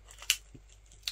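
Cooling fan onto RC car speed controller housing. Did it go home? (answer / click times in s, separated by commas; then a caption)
yes / 0.3 s, 1.1 s. A small plastic cooling fan is pressed onto the plastic mount on a Traxxas RC car's electronic speed controller. After faint handling noise, sharp snaps sound at 0.3 s and 1.1 s, and the fan is clipped on and seated.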